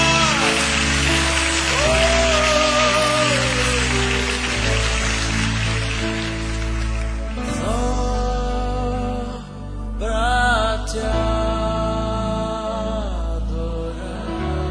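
A church audience applauds the Lord during a worship service in a dense, steady wash of clapping over sustained worship music; the clapping thins out about halfway through while the music and sung tones carry on.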